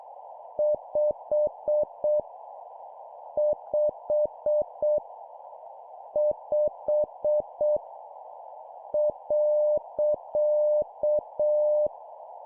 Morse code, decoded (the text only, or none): 5 5 5 .